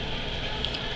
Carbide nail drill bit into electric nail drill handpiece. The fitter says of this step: depending on the style of drill you have mine it just locks and then it's in there